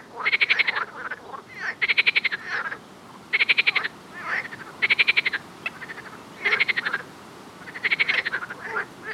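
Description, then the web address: Chorus of frogs with harsh pulsed croaks in half-second bursts, roughly one to two seconds apart, and softer croaks in between. "Soundscape Frog 1"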